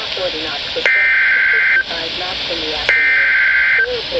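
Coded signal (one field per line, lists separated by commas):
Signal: Emergency Alert System (SAME) tones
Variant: header bursts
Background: speech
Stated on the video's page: Two back-to-back Flood Warnings recorded from a Midland WR-100 weather radio.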